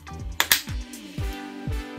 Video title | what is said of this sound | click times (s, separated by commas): Montageanleitung - USM Haller Klapptüre | jetzt den Dämpfer von oben her einrasten lassen. | 0.4 s, 0.5 s